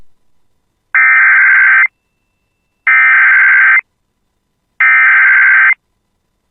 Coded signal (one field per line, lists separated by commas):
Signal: Emergency Alert System (SAME) tones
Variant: header bursts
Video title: [EAS] Flash Flood Warning for City of Bemidji 7/4/25